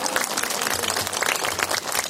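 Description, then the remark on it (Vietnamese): A crowd applauds steadily, a dense wash of many hands clapping at an even, fairly loud level throughout, with no voices rising above it. Applause at a Buddhist retreat gathering. “Nó muốn ở lại, cho nó đàn pháo tay.”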